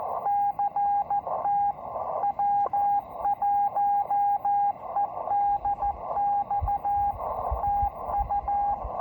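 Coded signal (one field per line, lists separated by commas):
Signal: Morse code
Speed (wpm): 14 wpm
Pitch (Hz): 810 Hz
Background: radio noise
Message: CT W1EDX TU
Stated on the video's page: First CW Parks on the Air activation at the Marconi station site, Cape Cod, using a Kenwood TS-440SAT and an MFJ trainer straight key.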